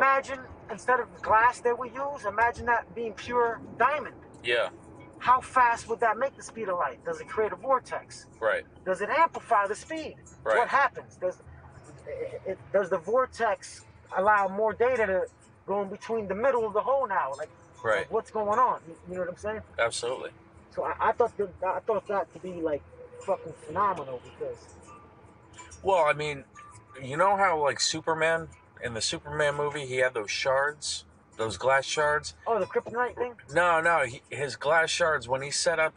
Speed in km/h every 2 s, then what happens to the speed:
60, 50, 37, 27, 23, 15, 6, 6, 6, 6, 6, 6, 6, 6, 5, 3, 6, 6.
0-12 brakes to 6. 12-36 steady at about 6.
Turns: none.